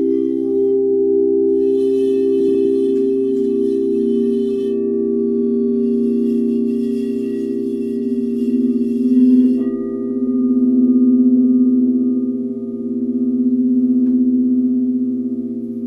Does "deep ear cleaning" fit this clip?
no